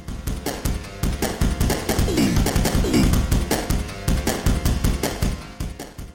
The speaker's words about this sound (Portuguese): Essa batida é o sampler da música, né? E ficou uma captura que não ficou muito legal, né? Você vê, parece que tá um chiado.